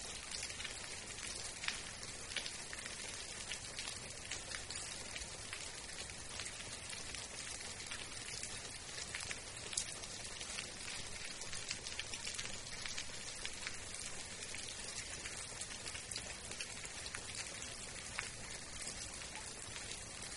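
Steady rain falls throughout, a dense, bright hiss of drops striking a surface, with countless sharper individual taps scattered across it. The level holds nearly constant for the whole twenty seconds, with only small momentary peaks from drops.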